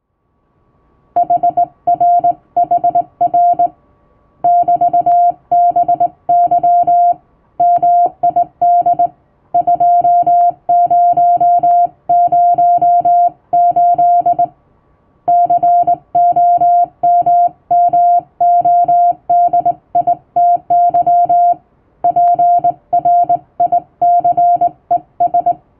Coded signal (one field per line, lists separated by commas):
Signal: Morse code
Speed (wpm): 20 wpm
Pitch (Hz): 700 Hz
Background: music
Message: HRHR <BT>BY MID 2008 COMMODITY PRICES